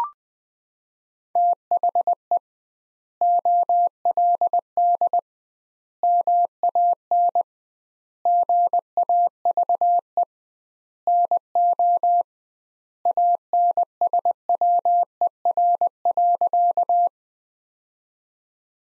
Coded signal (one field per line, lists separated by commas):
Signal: Morse code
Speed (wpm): 21 wpm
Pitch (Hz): 700 Hz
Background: none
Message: THE OLD MAN GAVE NO ANSWER.